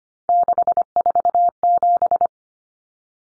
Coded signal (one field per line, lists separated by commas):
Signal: Morse code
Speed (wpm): 25 wpm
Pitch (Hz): 700 Hz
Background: none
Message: 647